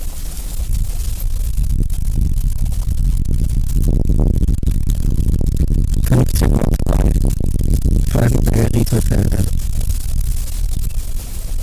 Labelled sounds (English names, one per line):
Common Spadefoot call